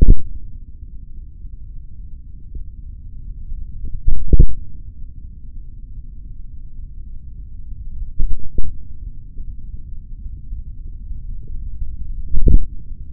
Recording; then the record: forearm muscle sounds (acoustic myography)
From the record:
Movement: hand opening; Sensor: system 3, bracelet of six PUI Audio POM-2738L microphones around the upper forearm, with dedicated amplification and filtering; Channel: 1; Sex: male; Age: 26 years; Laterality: right